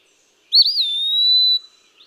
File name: Eastern Wood-pewee